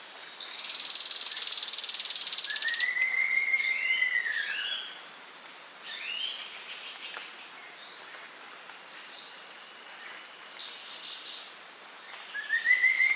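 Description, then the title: Streak-capped antwren sings a rapid high trill lasting about two seconds; scattered short arching whistles follow. "LuckyPassaro Completos2Sama. Streak-capped Antwren (Terenura maculata)"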